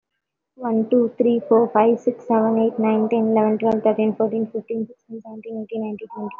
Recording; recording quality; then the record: counting at a fast pace; excellent, no background noise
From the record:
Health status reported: recovered from COVID-19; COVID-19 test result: positive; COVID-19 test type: RT-PCR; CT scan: taken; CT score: 0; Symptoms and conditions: cough, cold, breathing difficulty, sore throat, fatigue, another respiratory illness, another condition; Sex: female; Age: 25 years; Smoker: no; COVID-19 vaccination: both doses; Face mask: worn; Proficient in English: yes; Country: India